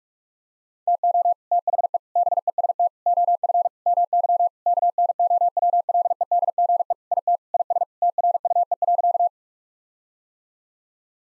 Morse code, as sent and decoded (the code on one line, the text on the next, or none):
- --- / - .... . / -... . ... - / --- ..-. / -- -.-- / -.- -. --- .-- .-.. . -.. --. . / .. - / .. ... / - .-. ..- . .-.-.-
TO THE BEST OF MY KNOWLEDGE IT IS TRUE.